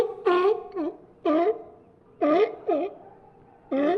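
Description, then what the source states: Sea lion barks, hoarse and harmonic, each with a quick falling-rising shape, coming singly and in pairs about once a second. A group of sea lions barking.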